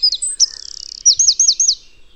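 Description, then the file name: Eurasian wren song fragment: a few high notes, a sustained trill, then a few loud, rapid looping notes. "Troglodytes troglodytes"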